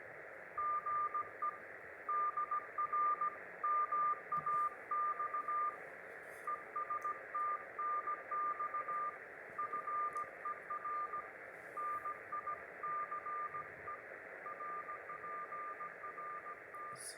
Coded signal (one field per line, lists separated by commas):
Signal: Morse code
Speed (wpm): 17 wpm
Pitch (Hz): 1200 Hz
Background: radio noise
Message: GE DR MAX ES TNX FER NICE RPRT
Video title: [patreon unlock] apprentissage morse 2